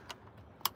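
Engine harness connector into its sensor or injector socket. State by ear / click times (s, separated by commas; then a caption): seated / 0.7 s. An engine wiring harness connector is pushed down onto its plastic sensor or injector socket on a 3.6L Pentastar engine during a Dorman oil cooler reassembly. A faint tick at 0.1 s is followed by a sharp, bright click at 0.7 s as the retaining clip engages. The connector is seated, though the click itself is not what holds it.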